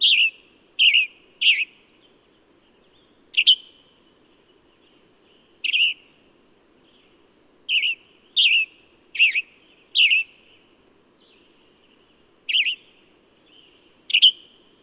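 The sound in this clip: Bird calling with many quick, high, slurred chirps at uneven gaps over a soft low background hum.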